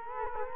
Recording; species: mosquito wingbeat signal from an infrared sensor; Culex quinquefasciatus